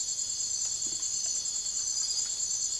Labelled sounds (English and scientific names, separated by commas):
none